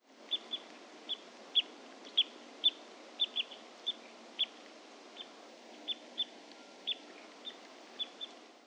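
Bird calls: short, high, sharp chips, some doubled, repeated irregularly over a steady hiss, with a brief low hum midway.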